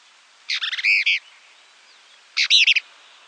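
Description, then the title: Plain-crested elaenia calls: two short bursts of harsh, buzzy chattering notes with stacked overtones, about two seconds apart, in an otherwise quiet background. Nominate subspecies Elaenia cristata cristata. "LuckyPassaro Completos2Sama. Plain-crested Elaenia (Elaenia cristata cristata)"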